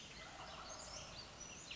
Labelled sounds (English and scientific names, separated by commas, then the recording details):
Wild Turkey (Meleagris gallopavo)
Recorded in Sonoma County, California